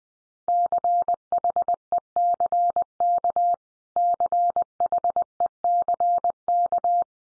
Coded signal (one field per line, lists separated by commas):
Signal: Morse code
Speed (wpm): 20 wpm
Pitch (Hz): 700 Hz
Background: none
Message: CHECK CHECK